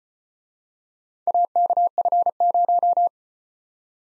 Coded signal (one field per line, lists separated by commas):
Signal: Morse code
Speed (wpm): 32 wpm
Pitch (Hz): 700 Hz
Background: none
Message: AKF0